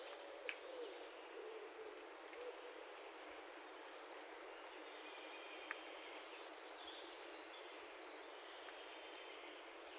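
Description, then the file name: European robin calling with clustered high, sharp ticks in bursts every two to three seconds over a quiet hiss. "Erithacus rubecula"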